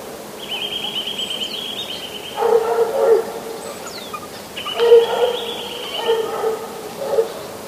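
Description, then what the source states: Eurasian nuthatch giving rapid, level trills of high piping notes, two runs lasting one to two seconds, alternating with lower, hoarse whining sounds. In frost.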